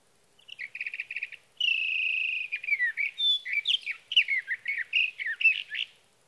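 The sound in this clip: Sage thrasher song beginning with a rapid stuttered burst, then a long sustained whistled note, followed by a lively jumble of warbled phrases.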